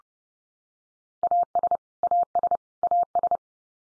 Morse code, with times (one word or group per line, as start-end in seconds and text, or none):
1.2-1.8 AS
2.0-2.6 AS
2.8-3.4 AS